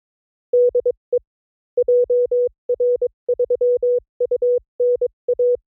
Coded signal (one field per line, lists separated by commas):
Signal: Morse code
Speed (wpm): 22 wpm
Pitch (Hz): 490 Hz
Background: none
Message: DE JR3UNA